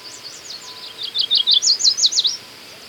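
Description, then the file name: American yellow warbler giving a bright, rapid series of many high looping whistles that grow louder, against a soft constant hiss. "Setophaga aestiva - American Yellow Warbler"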